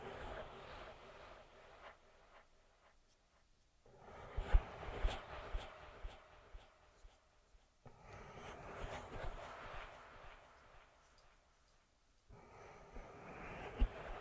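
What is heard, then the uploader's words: Ear massage sounds: soft rubbing and scratching strokes come in three bursts, around 0–4, 4–8 and 8–12 seconds, each fading before the next begins. The texture is a dense, papery rustle with occasional sharper taps and low thumps, and a brief quiet gap between sections. Ear Massage.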